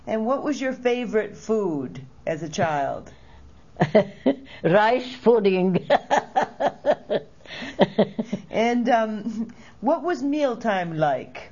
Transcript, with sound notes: And what was your favorite food as a child?
( she laughs ) Rice pudding. ( she laughs )
And what was meal time like?